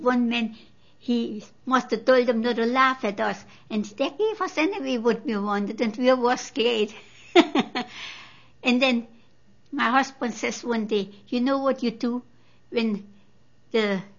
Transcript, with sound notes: And one man, he must have told them not to laugh at us, and they gave us anyway what we wanted and we were scared. (she laughs) And then my husband says one day, "You know what you do? When the